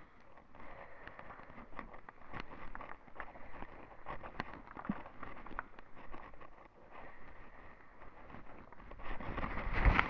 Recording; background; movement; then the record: deep breathing; quiet; walking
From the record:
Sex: female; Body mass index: 36.4 kg/m2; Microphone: on the chest, facing the body